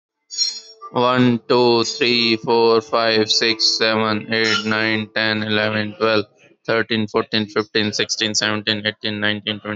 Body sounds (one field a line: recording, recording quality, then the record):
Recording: counting at a normal pace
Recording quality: excellent, no background noise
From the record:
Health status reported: healthy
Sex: male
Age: 34 years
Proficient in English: yes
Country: India